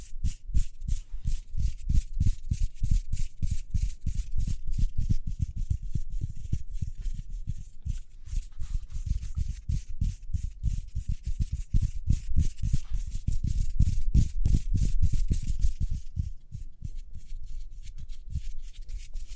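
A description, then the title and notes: Hands rub together quickly in a fast, steady rhythm, each stroke a short soft swish with a low thud and a faint bright hiss. The strokes come several times per second without pause for the whole clip, easing slightly near the end. ASMR Speedy Hand Sounds (No Talking).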